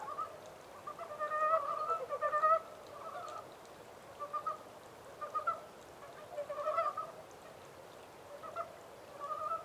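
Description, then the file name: Montane brown frog calls: rattling bouts of rapid croaks recurring at irregular intervals over faint hiss. 14 April 2010. "yamaakagaeru-20100414"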